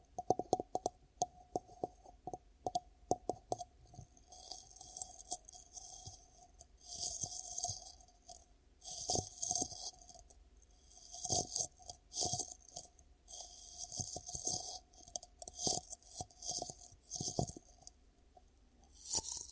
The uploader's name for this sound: Ear Cupping Triggers